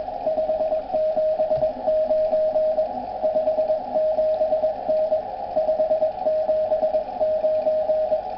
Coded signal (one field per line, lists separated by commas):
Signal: Morse code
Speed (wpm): 20 wpm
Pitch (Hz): 620 Hz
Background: radio noise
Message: 579 57N 579